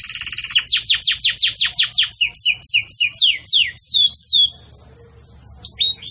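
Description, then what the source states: Canary song of quick downslurred notes repeated in rhythmic runs, shifting into higher sweeping phrases and a brief rising whistle near the end. Belgian canary song for training young birds; song style 'campainha' (bell-like).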